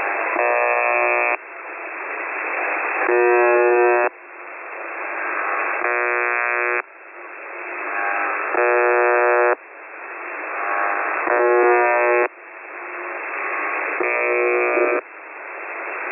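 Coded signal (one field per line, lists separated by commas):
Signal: channel marker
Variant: UVB-76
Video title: UVB-76/The Buzzer (22nd August 2020, 10:42 UTC) music and buzzing?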